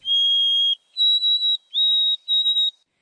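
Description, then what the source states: White-throated sparrow song: a long pure whistle, then three shorter, slightly higher whistled notes, the last ones quavering, all clear against silence. Clear, pipe-like song.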